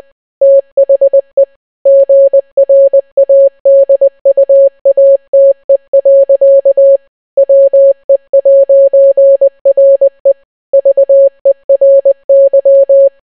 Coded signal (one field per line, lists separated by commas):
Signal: Morse code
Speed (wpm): 20 wpm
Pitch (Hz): 550 Hz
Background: none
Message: THE GRADUATE. WE'RE VERY